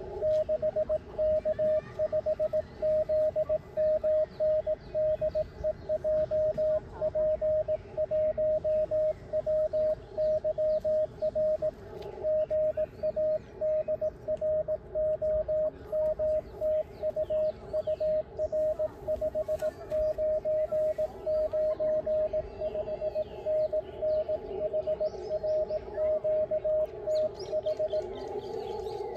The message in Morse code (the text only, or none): 6K5ZMN DE JP1WYR GA DR OM TU UR 599 5NN HR QTH